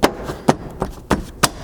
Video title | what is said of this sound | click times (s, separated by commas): Bronco Sport Roof Rack Install | you're going to want to get it lined up here on the vehicle body and snapped into place first. | 1.1 s, 1.4 s